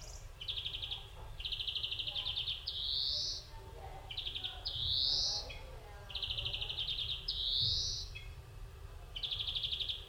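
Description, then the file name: European greenfinch song: fast rattling trills alternating with drawn-out, wheezy rising notes, phrases following each other steadily over a low background hum. "Chloris chloris"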